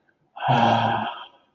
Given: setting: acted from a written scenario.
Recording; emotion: vocal sound without words; serenity